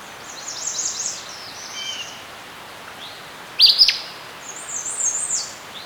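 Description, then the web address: Birds giving high thin chirps and twittering phrases, with one sharp loud burst partway through, against a constant soft hiss. Serene forest setting. "Dr Sound Effects. Birds Chirping In a Serene Forest"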